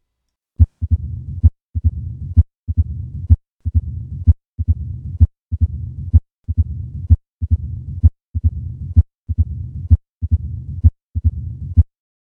The sound of mitral stenosis.